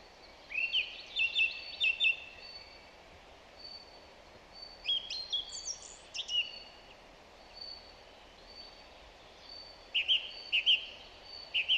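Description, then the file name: Song thrush song: a short phrase repeated a few times, a varied high phrase, then another phrase repeated several times, over steady background hiss. "Zanglijster Turdus philomelos"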